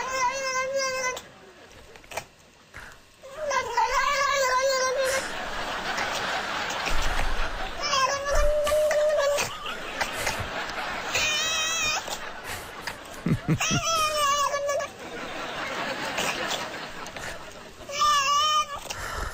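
A cat meows and caterwauls in about six long, wavering, high-pitched yowls, each rising and bending in pitch, with rough, noisy rasping stretches between the cries.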